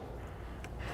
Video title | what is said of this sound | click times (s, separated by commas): etrailer - Curt T-Connector Vehicle Wiring Harness Installation - 2018 Nissan Pathfinder C56281 | Should hear it click when it's locked into place. Perfect. | 0.6 s